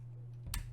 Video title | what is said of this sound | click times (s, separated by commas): Building A Keyboard Redux | Okay, yeah. There's that audible click. | 0.5 s